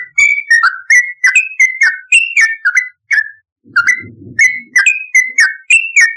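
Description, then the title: Yellow-vented bulbul song: rapid, chirpy whistled phrases dropping in pitch, with a short pause and a low rustling sound partway through. "Trucukan"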